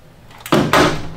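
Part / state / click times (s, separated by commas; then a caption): landing gear down-lock latch on the drag link of the main gear / seated / 0.7 s. The main landing gear of an aircraft prototype extends, and the metal down-lock latch on the gear's drag link snaps into the locked position automatically. A faint noise is followed by a short knock at 0.5 s and a sharp metallic snap at 0.7 s that rings briefly. The latch is confirmed locked at 0.7 s.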